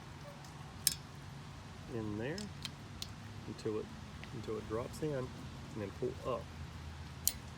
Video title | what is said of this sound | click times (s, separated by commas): How to REPLACE wiper blade inserts on 04-08 Acura TL | you'll hear it click into place just like you do on the first one | 7.3 s